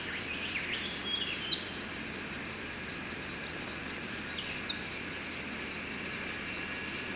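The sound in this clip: Squeaker frogs giving a few short, sharp, high chirps with quick downward sweeps, scattered over a dense, steadily pulsing insect chorus.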